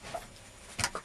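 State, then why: Seated. A twist-lock powerCON-type mains connector is pushed and turned into the power inlet on the back of a PKN XD2500 power amplifier. Sharp clicks sound at 0.8 s, 0.8 s and 1.0 s over a low background hiss. The connector is locked firmly in place and is very hard to pull out.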